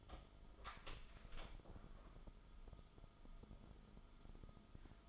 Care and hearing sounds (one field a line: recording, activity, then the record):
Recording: daily activity, microphone in the room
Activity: open door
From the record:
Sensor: 5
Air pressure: 1005.0 hPa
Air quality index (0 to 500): 86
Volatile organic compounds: 2 ppm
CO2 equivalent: 1041 ppm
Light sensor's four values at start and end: 35/82/33/32 and 35/81/33/31